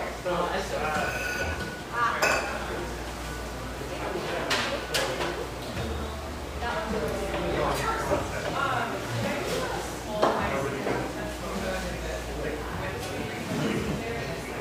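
A busy cafe fills with overlapping conversation, a steady murmur of many voices. Dishes and cutlery clink throughout, with sharper clatters near two, five and ten seconds, over a low hum underneath.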